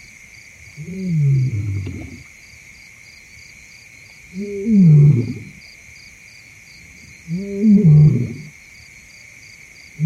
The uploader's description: Night falls in the Serengeti-Mara savanna. The deep calls of lions resonate through the plains while a hippo lazily moves in the water hole nearby. A thick insect chorus creates a constant background while distant Eagle and Scops owls can be heard occasionally.